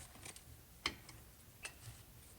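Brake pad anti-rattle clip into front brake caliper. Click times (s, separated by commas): 0.9 s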